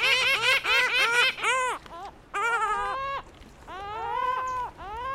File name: Canto da Gaivota da Lava